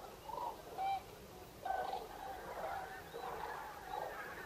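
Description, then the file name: Common crane calls, scattered and fairly soft, a few bugling notes with short gaps between them. Recorded 5 November 2018. "2018 11 05 zurawie"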